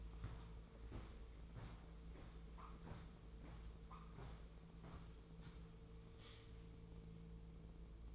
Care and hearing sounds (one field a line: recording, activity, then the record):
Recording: daily activity, microphone in the room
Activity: walk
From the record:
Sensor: 1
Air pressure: 1005.5 hPa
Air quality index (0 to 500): 123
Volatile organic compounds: 5 ppm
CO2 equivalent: 1725 ppm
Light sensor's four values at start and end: 11/25/10/11 and 11/27/11/12